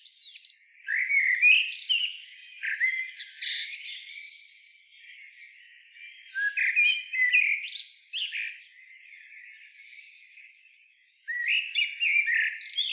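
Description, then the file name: Common blackbird song, with mellow warbling phrases ending in thin, high twittering flourishes, delivered in three separate bursts with quieter gaps between. "Turdus merula"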